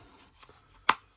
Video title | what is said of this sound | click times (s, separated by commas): Cordless Multi Tool Saw From ALDI 😃 & MORE ! *TOOL HAUL* | There we are. Locks in place. | 0.9 s